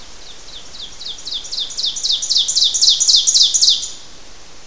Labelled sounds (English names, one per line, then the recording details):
Ovenbird song
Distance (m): 10 m
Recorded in boreal forest in Alberta, Canada, on 12 June 2016 at 06:06
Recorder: SongMeter 3, array SBT-3-18
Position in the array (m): 229 m, 89 m
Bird 31